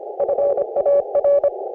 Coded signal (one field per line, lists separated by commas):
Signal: Morse code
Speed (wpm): 26 wpm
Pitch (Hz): 560 Hz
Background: none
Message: FAR